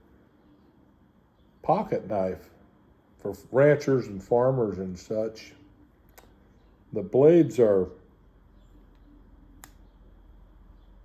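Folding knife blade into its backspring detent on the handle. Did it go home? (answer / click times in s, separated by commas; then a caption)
yes / 9.6 s. Someone talks about a three-blade slip-joint stockman pocket knife, then a blade is opened and snaps into its open position against the backspring detent on the handle. A single sharp click is heard at 9.6 s as the blade seats firmly in place.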